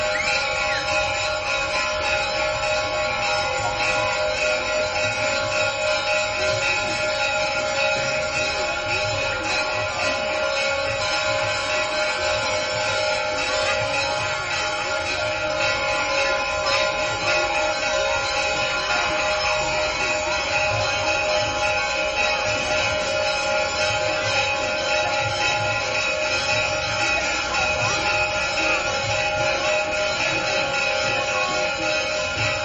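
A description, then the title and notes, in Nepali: Evening prayer ritual with bells ringing: a dense, unbroken metallic ringing holds steady for the whole half minute, with many bright, sustained tones layered on top of each other. A low rumble and faint murmur sit underneath, and the loudness never drops. घंट आवाज. बुढानीलकंठमा संध्याकालीन आरती.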